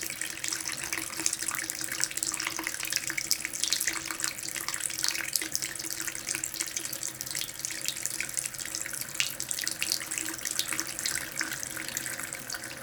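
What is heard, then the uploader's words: A faucet runs slowly and steadily into a sink for the whole stretch, a bright, dense hiss of falling water without pauses. Small splashes and trickles flicker constantly over a faint low hum, unchanging in level. Slow Running Faucet.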